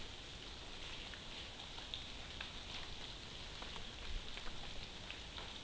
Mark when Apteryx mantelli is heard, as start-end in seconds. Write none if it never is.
none